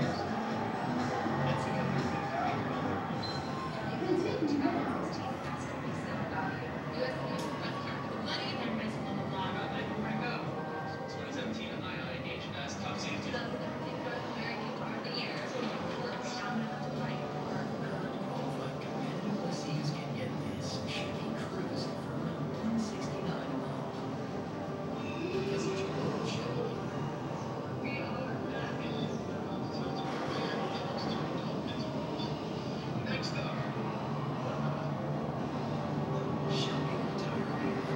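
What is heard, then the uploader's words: Inside a busy amusement arcade, a dense, steady din of overlapping voices fills the room, with a low rumble running underneath like machinery or a passing train. Short bright clicks, clacks and beeps scatter throughout, with a slightly louder burst near five seconds. Int. Arcade III, Coney Island.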